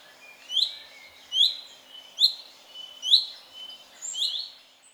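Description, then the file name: Common chaffinch calls: short, bright notes repeated just under once a second, some fainter ones between, against a quiet hiss. "Fringilla coelebs"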